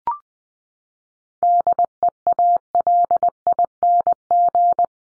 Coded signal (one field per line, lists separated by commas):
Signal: Morse code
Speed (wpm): 20 wpm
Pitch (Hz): 700 Hz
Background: none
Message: DEALING